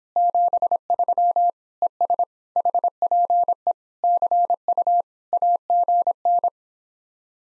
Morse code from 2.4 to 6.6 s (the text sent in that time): HPE CU AGN